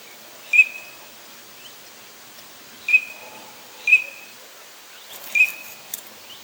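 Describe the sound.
Bird repeating a sharp whistled note four times at irregular gaps, each with a brief fading tail.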